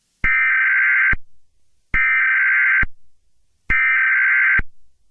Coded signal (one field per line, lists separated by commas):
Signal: Emergency Alert System (SAME) tones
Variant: header bursts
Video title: EAS Scenario #3: Canada’s Betrayal